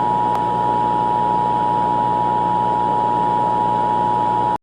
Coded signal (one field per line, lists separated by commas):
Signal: Emergency Alert System (SAME) tones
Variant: 853 and 960 Hz attention tone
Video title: The Great War - A Fallout inspired EAS scenario